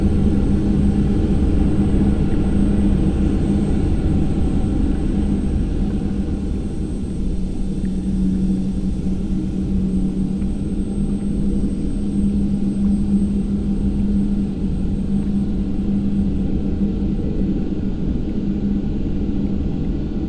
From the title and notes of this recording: Bus - Interior - Constant Run, Upper Deck.